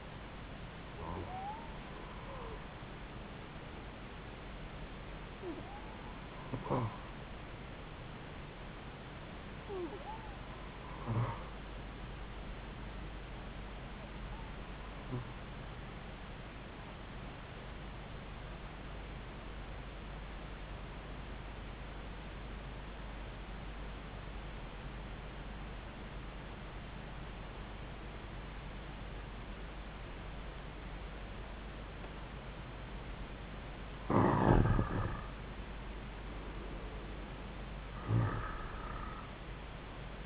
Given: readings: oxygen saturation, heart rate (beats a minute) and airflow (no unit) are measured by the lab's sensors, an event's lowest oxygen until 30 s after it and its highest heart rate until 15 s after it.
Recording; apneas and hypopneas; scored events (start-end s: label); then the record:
breathing in sleep by a voice recorder at the bedside; 1
9.00-40.26 s: new sleep stage, N2 (light sleep)
23.00-35.30 s: obstructive apnea (N2, oxygen 94% highest, then 88% lowest)
From the record:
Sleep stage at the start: N1 (lightest sleep); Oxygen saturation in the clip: 91 to 94%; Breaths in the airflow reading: 7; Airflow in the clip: -4.1 to 5.1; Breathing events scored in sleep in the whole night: 270 in 6.1 hours asleep